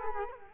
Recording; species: mosquito wingbeat signal from an infrared sensor; Culex quinquefasciatus